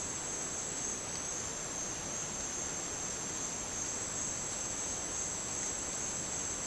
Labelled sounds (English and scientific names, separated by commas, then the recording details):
none
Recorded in dense forest near Puerto Asís, Putumayo, Colombia, on 27 June 2025 at 12:30
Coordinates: 0.484, -76.317
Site G045